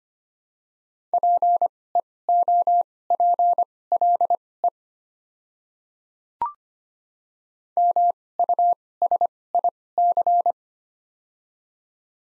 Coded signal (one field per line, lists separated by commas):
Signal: Morse code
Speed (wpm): 25 wpm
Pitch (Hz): 700 Hz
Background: none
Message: PEOPLE MUSIC